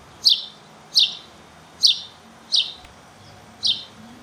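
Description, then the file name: House sparrow calling with five harsh, downward-sliding chirps, evenly spaced, over a quiet background. "Passer domesticus"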